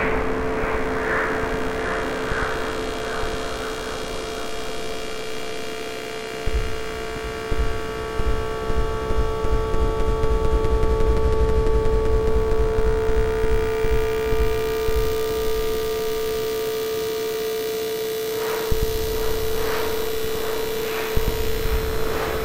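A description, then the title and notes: Analogue modular noise: a steady droning hum with a bright fixed tone, overlaid by rough crackling bursts and rhythmic pulses around seven and nineteen seconds. Some AE_modular Analogue Noise. 5 layers of AE_modular, just exploring some sounds. AE_mod only, plus some VST FX.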